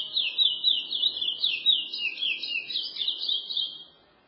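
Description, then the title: Chestnut-bellied seed finch song: a continuous run of sweet, warbled whistles swinging up and down, fast and unbroken for about four seconds, then stopping. "Canto De Curio"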